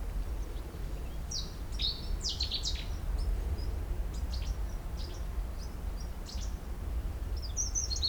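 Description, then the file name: Eurasian wren: faint high notes in short clusters, then a brief high chirping run at the end, over low background noise. "Troglodytes troglodytes"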